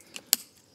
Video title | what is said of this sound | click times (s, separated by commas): Je teste le dévidoir de chez Vevor | c'est clipsé, et ensuite, on rallume l'eau. | 0.3 s